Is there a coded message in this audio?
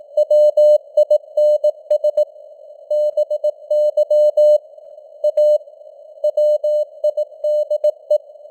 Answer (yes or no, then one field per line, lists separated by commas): yes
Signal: Morse code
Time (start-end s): 0.2-8.2 s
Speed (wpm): 18 wpm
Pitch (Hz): 600 Hz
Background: none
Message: WINS BY A WIDE